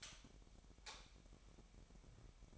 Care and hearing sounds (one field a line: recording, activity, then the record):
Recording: daily activity, microphone in the room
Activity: light off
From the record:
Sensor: 1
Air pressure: 1012.0 hPa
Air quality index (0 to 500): 233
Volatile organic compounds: 6 ppm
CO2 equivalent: 1857 ppm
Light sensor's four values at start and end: 17/47/19/21 and 13/32/13/15